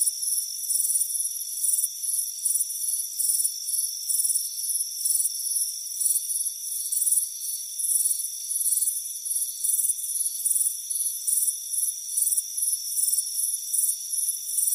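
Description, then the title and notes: Cricket chirping, brisk and high, with short bursts following one another quickly over a continuous whine of steady insect tones. Crickets chirping on a front porch on a warm afternoon. "Soothing Crickets Chirping Sound. It's a warm afternoon as you relax in a hammock on the front porch. Relax and fall asleep to the soothing sound of chirping crickets"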